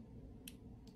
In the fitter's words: has an audible click usually. I don't know if you guys can hear that, but I turn it to tell my stethoscope which